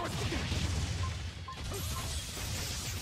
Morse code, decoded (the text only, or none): none